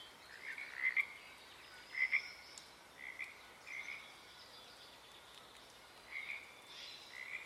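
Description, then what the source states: Pacific tree frog, several separate croaks with quiet gaps between. Wild chorus starting and stopping, Oaks Bottom Wildlife Refuge, Portland, Oregon, USA, morning of Friday April 7 2023, uncommon at that time of day.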